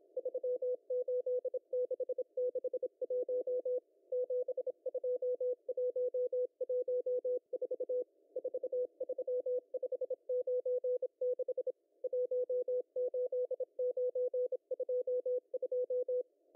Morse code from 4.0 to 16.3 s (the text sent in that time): 72114 43596 18922